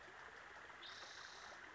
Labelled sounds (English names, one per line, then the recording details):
Spotted Towhee
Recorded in Sonoma County, California